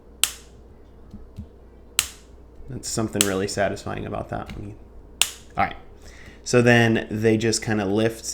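The plastic hinged lid of an Apple AirPods wireless earbud charging case is opened and snapped shut near the mic. It gives two sharp snaps at 0.2 s and 2.0 s, and the lid closes firmly each time. Someone then talks.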